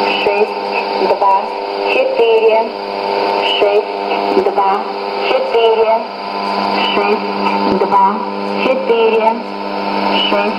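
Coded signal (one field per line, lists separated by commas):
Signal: numbers station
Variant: S06s, Russian female voice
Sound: a female voice reading short spaced words over steady shortwave hiss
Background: radio static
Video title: 10 02 2017 Numbers station S06s Russian Lady in Russian to Eu 0900 on 5765 unknown tx site in CUSB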